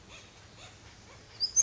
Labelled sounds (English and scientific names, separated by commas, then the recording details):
Pacific Wren (Troglodytes pacificus)
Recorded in Sonoma County, California